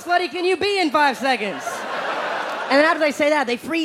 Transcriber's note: soundbite of laughter